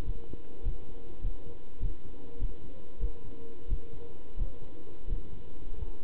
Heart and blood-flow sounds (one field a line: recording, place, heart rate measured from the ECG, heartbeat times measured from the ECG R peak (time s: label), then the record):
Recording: heart sounds by stethoscope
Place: between the tricuspid and mitral areas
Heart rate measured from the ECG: 94 bpm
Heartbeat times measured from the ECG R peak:
0.05 s: heartbeat
0.64 s: heartbeat
1.22 s: heartbeat
1.81 s: heartbeat
2.40 s: heartbeat
3.00 s: heartbeat
3.69 s: heartbeat
4.38 s: heartbeat
5.08 s: heartbeat
5.77 s: heartbeat
From the record:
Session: pedaling a stationary bicycle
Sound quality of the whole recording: good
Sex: male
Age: 27 years